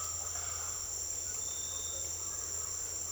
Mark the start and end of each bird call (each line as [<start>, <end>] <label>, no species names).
[0.00, 3.12] bird call